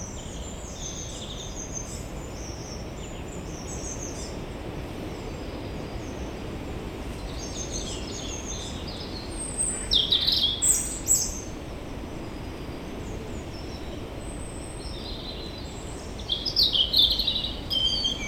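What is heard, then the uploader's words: Steady low wind rushes through woodland while birds chirp high and bright overhead, with short bursts of calls around ten and seventeen seconds. Listening to the wind in Limbrick Woods, opposite Jardine Crescent. Limbrick Woods is one of several woodlands that still exist amongst the housing estates in Tile Hill. The birds and the wind above you, to your side, in front and behind. The recordings were captured using a binaural microphone between January and April 2022.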